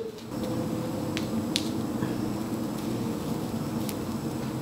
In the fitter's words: and they easily pop into place it's a little bit tight